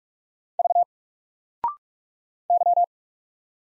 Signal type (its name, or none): Morse code